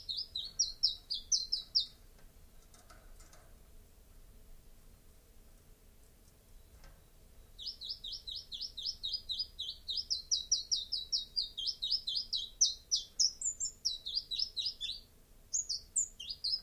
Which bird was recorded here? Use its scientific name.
Phylloscopus collybita